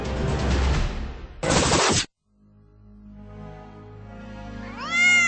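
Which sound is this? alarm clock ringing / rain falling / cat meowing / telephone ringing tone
cat meowing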